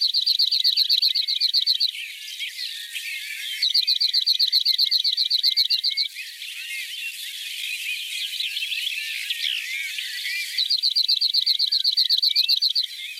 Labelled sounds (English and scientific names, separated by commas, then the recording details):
Cirl Bunting (Emberiza cirlus) song
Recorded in the wild
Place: Ebringen /Breisgau-Hochschwarzwald, Baden-Württemberg, DE
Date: 1985-06-02
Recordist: Schwarz, Dieter